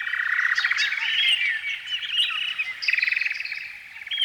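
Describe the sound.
Canary song, a loud continuous warble of buzzy trills and whistled notes, with a fast pulsed trill near the end.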